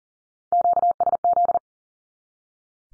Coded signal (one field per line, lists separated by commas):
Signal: Morse code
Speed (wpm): 40 wpm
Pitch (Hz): 700 Hz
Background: none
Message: QSZ